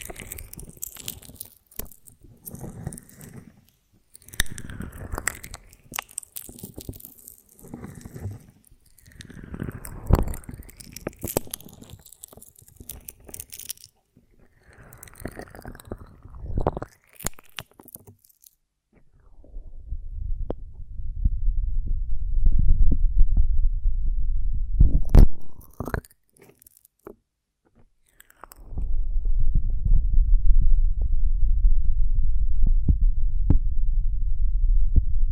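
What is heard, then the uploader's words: Honeycomb ASMR: for the first twenty seconds, sticky crunching and tearing sounds come in dense clusters of sharp, bright cracks. After that the texture shifts to a steady low rumble with a few isolated clicks, broken by a short quiet gap near twenty-seven seconds. ASMR of a Honeycomb on Branch (No Talking).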